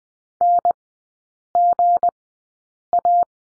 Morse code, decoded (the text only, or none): NGA